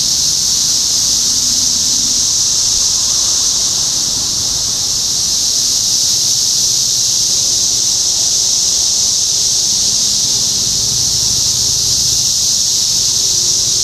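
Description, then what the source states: Steady cicada chorus, a dense high whirring buzz sustained without a break, with soft low rumbling in the background. Topeka, Kansas, 14 June 2015.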